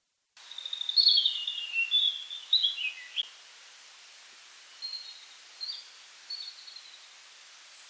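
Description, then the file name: European robin song: a louder trickling warbled phrase dropping in pitch, then several soft, high, spaced notes over faint hiss. "rotkehlchen"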